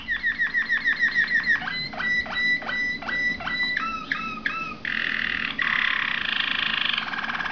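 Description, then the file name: Waterslager canary delivering a rapid series of repeated notes, slower looping whistled tours, then dense bubbling rolls and a sustained water-like trill. "malinois waterslager omkicau"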